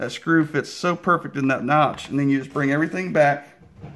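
A homemade PVC barrel band for an Umarex Gauntlet air rifle is lined up with the notch and screw and handled as it is brought back over the barrel and shroud, while someone talks throughout. Nothing has seated or snapped into place yet.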